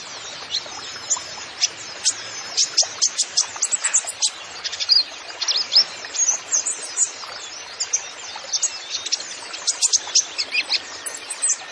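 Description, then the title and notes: Van Hasselt's sunbird song: dense, rapid high-pitched chirps and sharp tweets, tumbling continuously with brief pauses. Masteran recording for training songbirds; actively singing (gacor) bird with full fills (isian) and shots (tembakan). "MASTERAN KOLIBRI NINJA FULL ISIAN DAN TEMBAKAN COCOK BUAT PANCINGAN. Suara Burung Kolibri Ninja Gacor"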